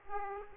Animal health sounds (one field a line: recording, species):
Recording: mosquito wingbeat signal from an infrared sensor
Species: Aedes aegypti